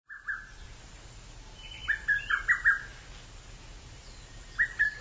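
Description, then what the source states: Japanese bush warbler giving brief bursts of quick, sharp notes, with one longer phrase in the middle, over a constant background hiss and hum. Song rendered as "kokekyo".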